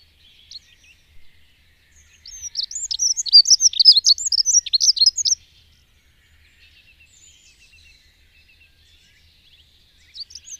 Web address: agykontroll Madardalok Cd 1. Erdei szürkebegy